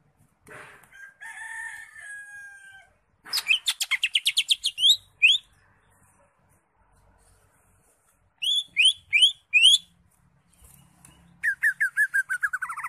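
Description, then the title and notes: Greater Green Leafbird singing varied phrases: a soft held whistle, then a fast series of sharp descending chips, later several loud slurred notes and another rapid falling run. Used as a training song for caged birds. "Suara Burung Cucak Ijo. mantap buat masteran burung cak ijo"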